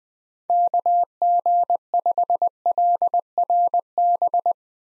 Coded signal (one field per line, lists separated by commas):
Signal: Morse code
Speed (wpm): 20 wpm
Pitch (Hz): 700 Hz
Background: none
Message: KG5LRB